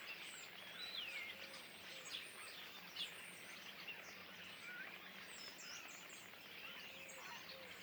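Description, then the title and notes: Common starling flock giving a busy mix of chirps and slurred whistles, with a few clearer whistles, one of them falling, standing out above the steady chatter. Flock perched in trees beside a pond at Le Louroux, Indre-et-Loire, France; recorded in stereo ORTF with Sennheiser MKH8020 microphones and a MixPre-6 II recorder. "Le Louroux, Loches, Indre-et-Loire, Centre-Val de Loire, France métropolitaine, 37240, France - étourneaux sansonnet dans les arbres. Nuée d'étourneaux posés dans un arbre aux abords de l'étang du louroux"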